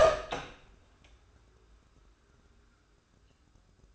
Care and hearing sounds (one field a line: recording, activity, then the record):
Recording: daily activity, microphone in the room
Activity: open door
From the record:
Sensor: 2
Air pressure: 1015.1 hPa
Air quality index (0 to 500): 174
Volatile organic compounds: 10 ppm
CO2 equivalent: 2258 ppm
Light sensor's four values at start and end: 13/35/14/16 and 13/36/14/16